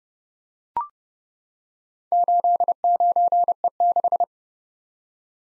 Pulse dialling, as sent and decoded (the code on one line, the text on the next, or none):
none